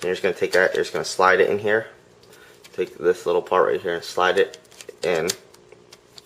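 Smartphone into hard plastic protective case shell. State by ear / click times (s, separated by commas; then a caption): not seated / none. An iPhone 4 is slid into the hard plastic shell of an Otterbox Defender Series case, which has a felt-like lining, and a small end part is slid in while someone talks. Quiet handling ticks are heard near the end, from about 5.5 to 6.2 seconds. Nothing has seated or clicked yet; the part is not yet home.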